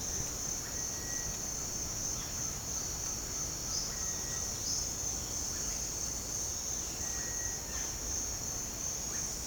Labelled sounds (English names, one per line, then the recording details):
Cinereous Tinamou
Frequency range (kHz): Cinereous Tinamou 1.1-2.9 kHz
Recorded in pastures near Puerto Asís, Putumayo, Colombia, on 30 June 2025 at 08:30
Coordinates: 0.496, -76.326
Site GP01